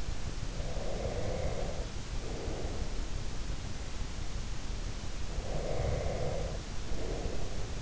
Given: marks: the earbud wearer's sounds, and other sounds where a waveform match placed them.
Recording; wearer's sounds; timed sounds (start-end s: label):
sounds in sleep by an in-ear microphone; breath
0.56-3.06 s: breath
5.23-7.82 s: breath